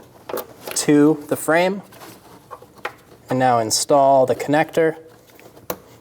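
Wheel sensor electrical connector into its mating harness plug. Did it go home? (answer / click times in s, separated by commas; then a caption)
yes / 5.7 s. Someone talks while the ABS/wheel-speed sensor electrical connector, which has a red lock tab, is pushed together by hand into its mating harness plug during a front control arm reinstall on a 2011-2027 Dodge Durango. A sharp, short click stands out at 5.7 s as the connector seats.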